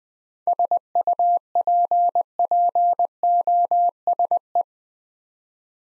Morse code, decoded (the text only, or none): SUPPOSE